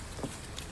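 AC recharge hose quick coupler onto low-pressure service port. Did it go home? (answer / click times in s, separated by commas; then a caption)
yes / 0.6 s. The quick-release coupler of an AC refill hose, with its collar pulled back, is pushed onto the low-pressure AC service valve of a Skoda Fabia Mk1 with the 1.9 PD engine. Over a steady low background hiss, a sharp, short click is heard at 0.6 s as the coupler locks in place on the port.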